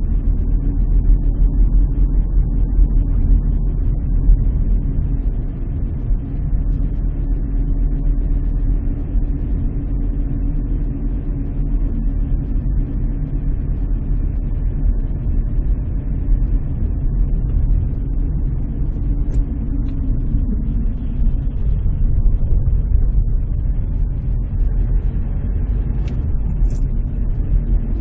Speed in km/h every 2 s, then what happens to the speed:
32, 30, 29, 30, 30, 29, 29, 28, 30, 28, 19, 19, 25, 28.
0-17 steady at about 30. 17-21 slows to 19. 21-28 speeds up to 28.